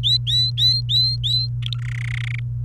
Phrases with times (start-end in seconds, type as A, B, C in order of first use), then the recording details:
0.03-1.48 A, 1.62-1.78 B, 1.79-2.40 C. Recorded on 29 April 2018 at 17:49. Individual llb3